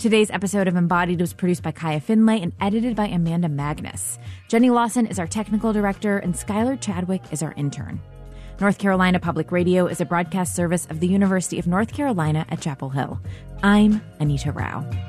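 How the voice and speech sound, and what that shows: A clear, fluent adult woman's voice reads the show credits at an even, relaxed pace; ordinary speech.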